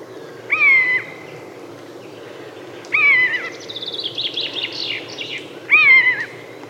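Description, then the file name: Common buzzard mewing three times, each a clear, slightly falling whistled 'peeoo' about two and a half seconds apart, with brief chattering from another bird in between. "Musvåk"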